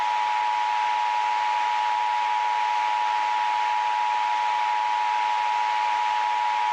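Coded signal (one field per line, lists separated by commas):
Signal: Emergency Alert System (SAME) tones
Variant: 853 and 960 Hz attention tone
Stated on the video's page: Mock EAS alert with custom screens, a fictional tornado scenario for Puerto Rico; not a real activation.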